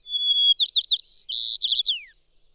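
One bird phrase: a thin sustained whistle, then bright slurred chirps, two buzzy notes, a fast stutter and a falling glide.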